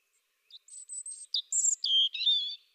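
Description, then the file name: European robin song phrase of drawn-out thin high whistles, followed by a lower, sweeter, slightly wavering note and a short trill that fades away. "Erithacus rubecula"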